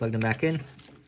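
Someone talks while handling a wiring harness connector that is about to be plugged back onto the ignition coil pack of a 2016 Chevy Malibu 2 L during a spark plug replacement. Only the voice and faint handling noise are heard, and nothing has seated or clicked yet.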